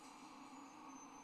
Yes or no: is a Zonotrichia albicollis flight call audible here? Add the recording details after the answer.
no. No flight call is heard. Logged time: 11:14 on 26 November 2014